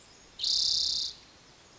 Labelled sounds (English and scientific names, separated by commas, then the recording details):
Spotted Towhee (Pipilo maculatus)
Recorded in Sonoma County, California